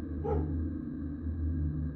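At night, a single short dog bark near the start, rising over a steady low droning hum that continues to the end; no one speaks.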